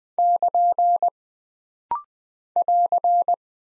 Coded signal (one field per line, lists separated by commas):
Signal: Morse code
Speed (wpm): 20 wpm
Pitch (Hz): 700 Hz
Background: none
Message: <KN> <AR>